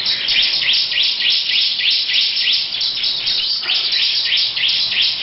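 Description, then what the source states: Lovebird's long trilling chatter, dense high chirps rolling on continuously throughout. Long "ngekek panjang" song.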